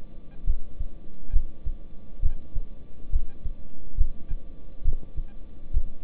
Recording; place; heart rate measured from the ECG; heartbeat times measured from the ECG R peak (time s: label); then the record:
heart sounds by stethoscope; between the tricuspid and mitral areas; 68 bpm
0.45 s: heartbeat
1.31 s: heartbeat
2.20 s: heartbeat
3.10 s: heartbeat
3.95 s: heartbeat
4.83 s: heartbeat
5.72 s: heartbeat
From the record:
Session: rest, lying down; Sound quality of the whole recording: good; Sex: male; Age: 26 years